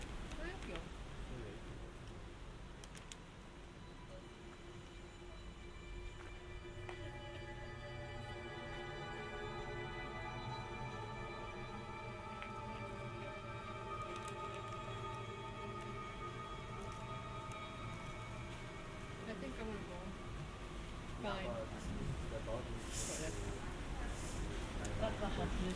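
A walk through the sound installation "Spuren" inside the Johanniterkirche: a steady low rumble and hiss carry throughout, joined from about seven seconds by sustained, layered droning tones that hold and slowly shift. Scattered clicks and knocks appear, with a brighter burst near the end.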